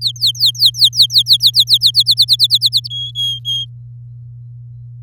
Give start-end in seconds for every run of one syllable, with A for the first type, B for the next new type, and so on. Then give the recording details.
0.01-1.91 A, 1.94-2.88 B, 2.90-3.65 C. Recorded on 8 May 2018 at 05:48. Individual llb16